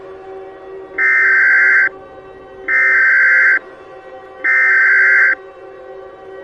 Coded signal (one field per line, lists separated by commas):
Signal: Emergency Alert System (SAME) tones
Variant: header bursts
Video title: EAS Scenario 3: Transfur Infection (REMASTERED) | Collab with @maxwellicat